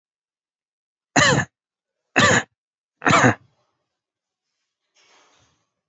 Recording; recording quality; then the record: shallow voluntary cough; excellent, no background noise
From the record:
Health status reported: COVID-19 positive, mild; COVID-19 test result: positive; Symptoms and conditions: cough, sore throat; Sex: male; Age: 34 years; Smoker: not ticked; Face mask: worn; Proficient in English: yes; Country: India